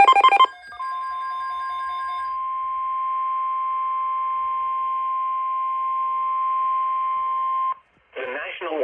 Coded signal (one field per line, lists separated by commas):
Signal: Emergency Alert System (SAME) tones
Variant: 1050 Hz attention tone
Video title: EAS Alerts From 3/15-3/16/25: A Compilation (EAS 512-533)